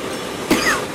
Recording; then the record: coughing mixed with background sound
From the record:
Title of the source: 34 coughing up crap again